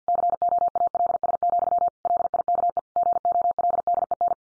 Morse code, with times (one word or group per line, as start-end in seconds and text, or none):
0.1-1.9 COALS,
2.1-2.8 LIKE
3.0-4.3 GOLDEN